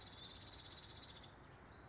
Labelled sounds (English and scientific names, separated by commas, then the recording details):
Nuttall's Woodpecker (Dryobates nuttallii)
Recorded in Sonoma County, California